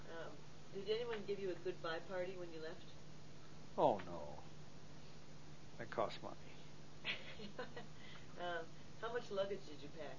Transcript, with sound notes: Uh, did anyone give you a goodbye party when you left?
Oh no. That cost money.
(laughs) Um, how much luggage did you pack?